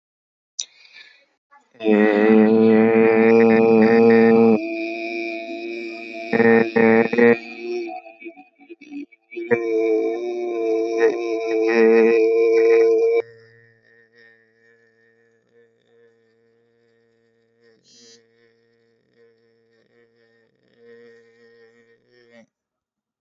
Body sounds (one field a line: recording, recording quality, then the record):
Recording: sustained vowel as in made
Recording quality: excellent, no background noise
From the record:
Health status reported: healthy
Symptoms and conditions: none ticked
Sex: male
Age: 28 years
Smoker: not ticked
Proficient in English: yes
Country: India